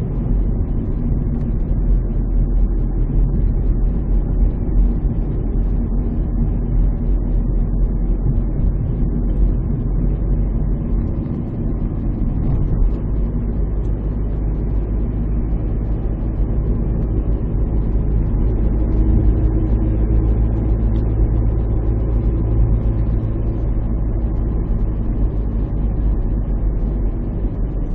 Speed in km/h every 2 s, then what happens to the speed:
32, 33, 33, 34, 36, 38, 40, 39, 38, 41, 41, 40, 37, 35.
0-18 speeds up to 41. 18-28 slows to 35.